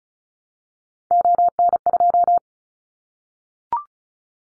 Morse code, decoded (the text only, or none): ON2